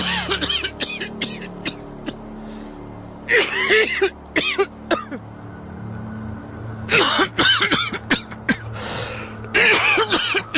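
A man who smokes coughs in several rough, raspy bursts, some clustered tightly together, with short pauses between fits and a low steady hum underneath.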